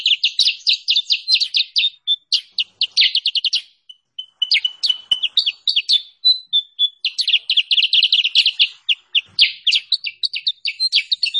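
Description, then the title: Sooty-headed bulbul song: bursts of rapid, bubbly chirping broken by brief thinner whistled notes, with the quick twittering returning in long dense runs. Tutor recording for training caged birds and lure call for trapping them. "Masteran Kutilang Sutra. suara pikat burung kutilang sutra terbaru paling ampuh"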